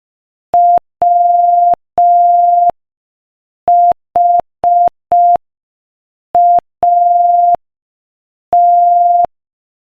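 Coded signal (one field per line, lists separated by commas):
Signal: Morse code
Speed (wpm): 5 wpm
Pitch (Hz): 700 Hz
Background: none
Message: WHAT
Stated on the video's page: Morse code practice clip at 5 wpm.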